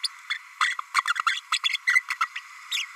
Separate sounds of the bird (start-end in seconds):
0.03-0.08, 0.29-0.38, 0.60-0.74, 0.94-1.02, 1.26-1.41, 1.52-1.59, 1.69-1.78, 1.87-2.00, 2.10-2.17, 2.21-2.27, 2.35-2.40, 2.71-2.86